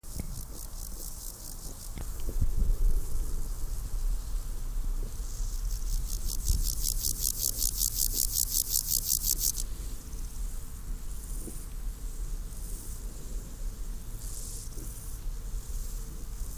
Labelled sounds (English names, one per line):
Water-meadow Grasshopper stridulation